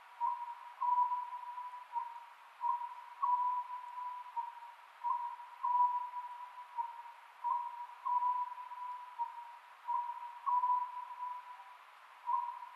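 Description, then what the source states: Oriental scops owl giving short tonal hoots in grouped phrases, each phrase repeated about every two and a half seconds, with constant background hiss. Recorded 27 May 2010 at 22:21.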